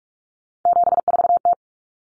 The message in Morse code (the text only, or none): 74T